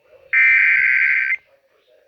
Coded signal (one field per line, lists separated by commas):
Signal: Emergency Alert System (SAME) tones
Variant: header bursts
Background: speech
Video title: AM/FM Severe Thunderstorm Warning (EAS #10)